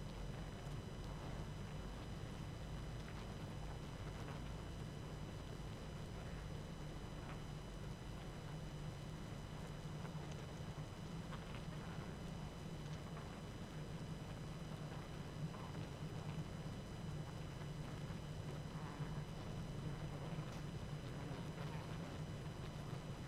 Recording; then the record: honeybee colony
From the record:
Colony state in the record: active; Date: 12 June 2018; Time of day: 19:38